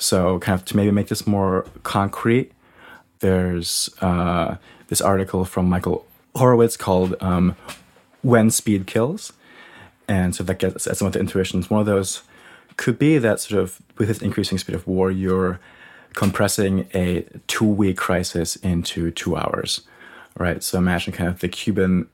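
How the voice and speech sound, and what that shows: Adult male speech with stretched sounds and held pauses mid-phrase, fitting mild stuttering with prolongations and blocks; the speaker has a stutter, heard as pauses and unusual speech patterns throughout.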